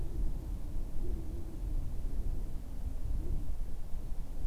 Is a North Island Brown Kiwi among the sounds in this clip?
no